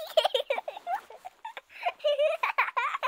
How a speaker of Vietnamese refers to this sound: Tôi nghe loáng thoáng như có tiếng trẻ con cười.